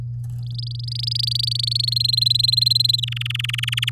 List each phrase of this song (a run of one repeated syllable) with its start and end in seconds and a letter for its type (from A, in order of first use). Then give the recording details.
0.38-1.94 A, 1.96-3.00 B, 3.02-3.90 C. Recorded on 8 May 2018 at 09:02. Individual llb16